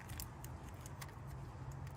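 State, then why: Not seated. An electrical connector is handled as it is pushed back toward the ignition coil of a Honda Accord after a spark plug change. Several brief, sharp ticks and light rattles sound over a steady low hum. Nothing has seated or clicked yet.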